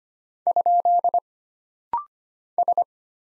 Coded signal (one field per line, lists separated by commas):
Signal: Morse code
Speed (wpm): 25 wpm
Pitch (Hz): 700 Hz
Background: none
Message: ? S